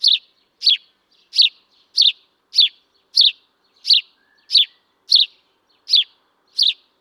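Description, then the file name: House sparrow calling with eleven sharp, rasping chirps in quick succession, slightly uneven spacing, against a quiet background. "Passer domesticus"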